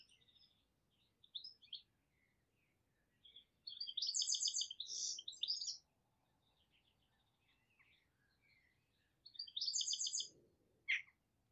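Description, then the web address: Birds calling: scattered high chirps and short trills, with two louder buzzy, rattling bursts and a sharp descending note near the end, over faint low background noise. "Deverinetal"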